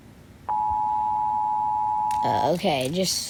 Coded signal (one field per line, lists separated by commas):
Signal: Emergency Alert System (SAME) tones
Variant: 853 and 960 Hz attention tone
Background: speech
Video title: Rating EAS alarms